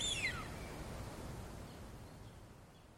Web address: linnut haapana